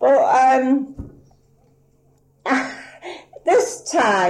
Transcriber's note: sighs